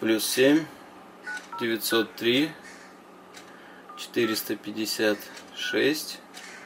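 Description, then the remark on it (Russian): Short bursts of telephone keypad tones sound in quick clusters as a number is punched in, grouped with brief pauses between sets, while a voice is heard over them. “Итак, в общем, вот его номер.”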